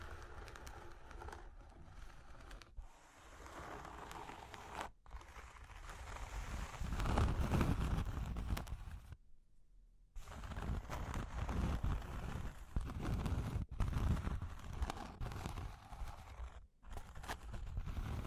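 Cork and wood being tapped, scratched and traced, with dense, uneven rubbing and small knocks running through most of the stretch. The scraping swells louder in the middle, with short silent breaks near 2.7, 5 and 17 seconds and a longer gap around 9 to 10 seconds.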